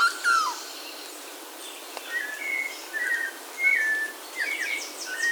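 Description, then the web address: Bird calls: whistled notes in short slurred phrases, some falling, with a few higher chirps, over steady background hiss. "BIRD 2015 SABIOD"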